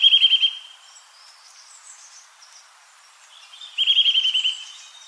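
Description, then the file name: Eurasian nuthatch delivering two brisk trills of rapidly repeated clear notes, one at the start and one after a quiet gap of a few seconds. "Sitta europaea"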